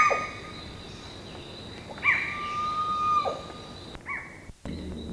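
Bird calls: harsh descending notes about two seconds apart, with a long level whistle, then a brief softer call before a short break in sound.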